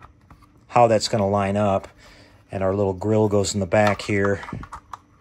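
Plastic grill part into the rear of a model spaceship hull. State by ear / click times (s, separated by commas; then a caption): seated / 4.9 s. A small plastic grill piece is pressed into the back of a plastic scale-model spaceship hull section while someone talks. A sharp snap at 4.9 s marks the grill seating in place, and it fits well.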